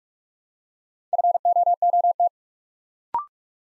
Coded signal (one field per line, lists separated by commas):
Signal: Morse code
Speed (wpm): 44 wpm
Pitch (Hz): 700 Hz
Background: none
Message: FOOT